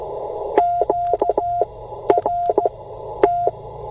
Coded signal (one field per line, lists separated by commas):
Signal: Morse code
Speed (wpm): 16 wpm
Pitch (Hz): 700 Hz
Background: radio noise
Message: QRT